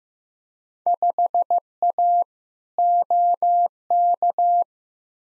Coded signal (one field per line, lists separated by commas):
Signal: Morse code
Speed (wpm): 15 wpm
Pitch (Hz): 700 Hz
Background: none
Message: 5A OK